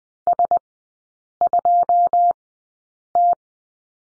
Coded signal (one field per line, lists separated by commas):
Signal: Morse code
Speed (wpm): 20 wpm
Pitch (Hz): 700 Hz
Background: none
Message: S2T